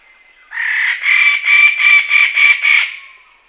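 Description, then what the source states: Wallace's standardwing uttering a fast, steady run of several rasping, honking notes after a faint lead-in. Recorded on Halmahera; the sound is identified as song.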